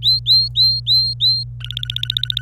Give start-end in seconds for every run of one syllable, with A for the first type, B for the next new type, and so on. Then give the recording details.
0.02-1.44 A, 1.60-2.42 B. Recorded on 25 April 2018 at 14:02. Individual llb3